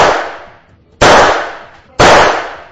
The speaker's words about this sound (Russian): Не понимая своих дальнейших действий, Епифанов инстинктивно сдвинул флажок предохранителя и, не прекращая кричать, начал стрелять в темноту, ощетинившуюся сотнями поехавших.